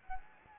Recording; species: mosquito wingbeat signal from an infrared sensor; Anopheles gambiae